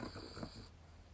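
A small dog snoring in the background.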